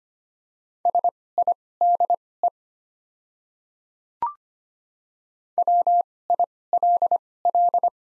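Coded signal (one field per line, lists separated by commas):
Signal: Morse code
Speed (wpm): 25 wpm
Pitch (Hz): 700 Hz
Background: none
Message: SIDE WILL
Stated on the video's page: Morse practice of the top 300 words at 25 wpm with Farnsworth timing using doubled character spacing.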